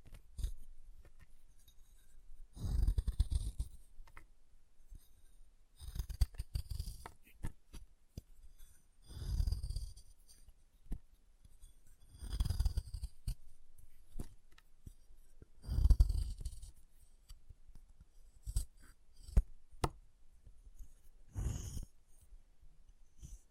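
Chalk being carved and cut, heard as short scraping strokes that come in bursts roughly every three seconds, each with a low rough rub and a brighter scratchy edge. Small sharp clicks and taps fall between the strokes, with quiet gaps between.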